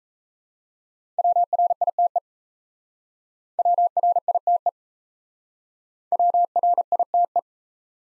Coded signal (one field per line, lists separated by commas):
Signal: Morse code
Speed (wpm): 37 wpm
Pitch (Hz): 700 Hz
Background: none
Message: WRITE WRITE WRITE